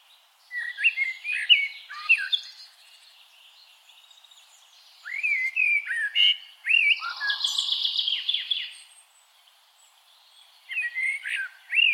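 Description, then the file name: Eurasian blackbird singing several phrases of warbled whistles, each ending in thin, high twittering, with pauses between. "Turdus merula"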